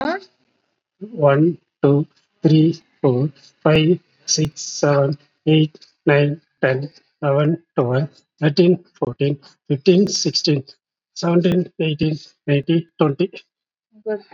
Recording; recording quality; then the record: counting at a normal pace; excellent, no background noise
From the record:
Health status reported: COVID-19 positive, mild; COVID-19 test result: positive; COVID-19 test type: RT-PCR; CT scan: taken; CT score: 17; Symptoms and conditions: cough, breathing difficulty, fatigue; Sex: male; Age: 48 years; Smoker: no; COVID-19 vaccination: one dose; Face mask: not worn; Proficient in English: yes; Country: India